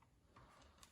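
Two small audio cable connectors are pressed one after the other into their sockets on the motherboard of an HP Pavilion N5445 laptop. Two short clicks are heard at 0.4 s and 0.8 s, the second sharper and louder. Both connectors seat.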